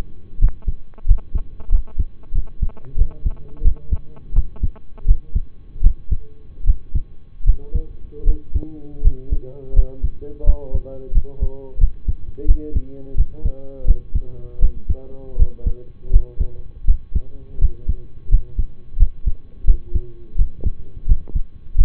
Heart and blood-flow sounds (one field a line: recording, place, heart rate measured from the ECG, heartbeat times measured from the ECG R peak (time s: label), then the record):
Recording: heart sounds by stethoscope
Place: between the tricuspid and mitral areas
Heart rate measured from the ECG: 84 bpm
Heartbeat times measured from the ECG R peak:
0.38 s: heartbeat
1.05 s: heartbeat
1.69 s: heartbeat
2.32 s: heartbeat
2.96 s: heartbeat
3.62 s: heartbeat
4.33 s: heartbeat
5.05 s: heartbeat
5.81 s: heartbeat
6.64 s: heartbeat
7.44 s: heartbeat
8.24 s: heartbeat
9.02 s: heartbeat
9.73 s: heartbeat
10.44 s: heartbeat
11.12 s: heartbeat
11.78 s: heartbeat
12.46 s: heartbeat
13.15 s: heartbeat
13.85 s: heartbeat
14.59 s: heartbeat
15.36 s: heartbeat
16.10 s: heartbeat
16.85 s: heartbeat
17.59 s: heartbeat
18.29 s: heartbeat
18.97 s: heartbeat
19.65 s: heartbeat
20.36 s: heartbeat
21.06 s: heartbeat
21.75 s: heartbeat
From the record:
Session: rest, lying down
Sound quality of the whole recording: partially saturated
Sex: male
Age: 25 years